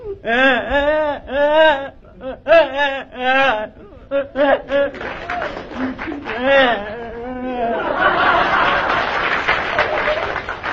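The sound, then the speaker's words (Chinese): A man's voice imitates a child crying: a run of high, wavering sobs and wails in rhythmic bursts, followed by a wash of audience applause and laughter at the end. “正这功夫，孩子哭着进来了。”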